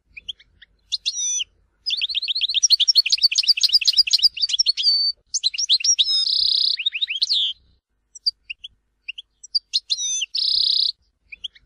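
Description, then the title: European goldfinch song of quick chattering notes and buzzy trills, interspersed with sharp isolated call notes and short gaps. "Chant Chardonneret"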